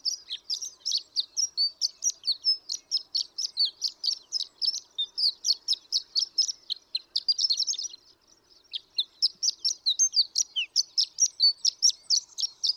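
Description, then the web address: Horned lark, high twittering song of fast tinkling notes running on, pausing briefly around eight seconds before resuming. "birdsongforthecurious Horned Lark"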